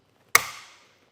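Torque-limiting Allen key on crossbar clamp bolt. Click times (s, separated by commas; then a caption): 0.4 s. A torque-limiting Allen key tightens the bolt that clamps the crossbar into the tower of a Thule WingBar Edge roof rack for flush rails on a 2023 Jeep Grand Cherokee. A single sharp, bright click sounds at 0.4 s and rings out over about half a second. The click confirms that the clamp bolt has reached its set torque.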